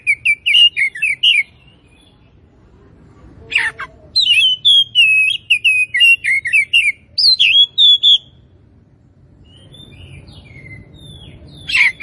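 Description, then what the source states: Oriental magpie-robin delivering varied whistled and chattering phrases in two bursts, with a quiet gap and a short note near the end. Kacer from Tretes; described as gacor, singing actively and persistently.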